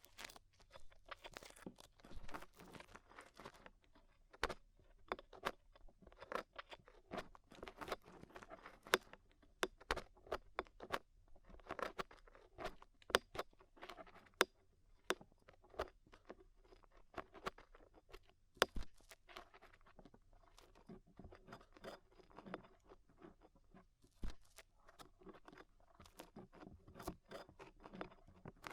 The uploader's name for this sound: Tingly Ear Cleaning Rhinestone & Clay Removal